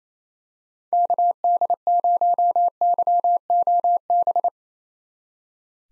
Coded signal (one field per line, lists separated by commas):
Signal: Morse code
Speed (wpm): 27 wpm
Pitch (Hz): 700 Hz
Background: none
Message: KD0YOB